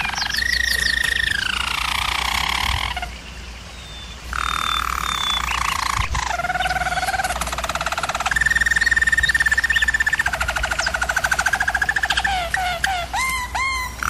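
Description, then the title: German Roller canary song: long rolling trills broken by short pauses, a steady high roll midway and quick upswept notes near the end. Used as a canary training recording. "German Roller Canary Singing - Canary Training Vid"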